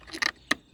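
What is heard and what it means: On a Fiat 500, a battery terminal clip is pushed onto the battery post toward the fender/guard, as part of fixing ESP and Hill holder warning faults. A short metallic rattle around 0.2–0.3 s is followed by a loud, sharp click at 0.5 s as the clip seats on the post.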